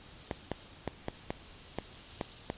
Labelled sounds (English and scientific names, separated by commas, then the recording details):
none
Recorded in dense forest near Puerto Asís, Putumayo, Colombia, on 19 February 2024 at 16:30
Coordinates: 0.503, -76.322
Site G6418